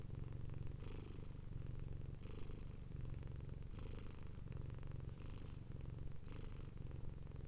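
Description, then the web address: Purring cat, a low rolling rumble alternating in breath-length phases, with short airy breath sounds recurring about every one and a half seconds. "Khaganat-games stock sound library animals cats lrocio cat-purring"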